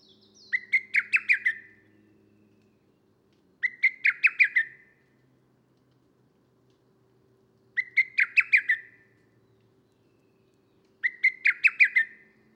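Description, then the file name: Lesser cuckoo repeating a brisk, choppy phrase of five or six loud notes four times, roughly every three and a half seconds, against a faint background drone. Recorded 25 June 2010. "20100625 hototogis"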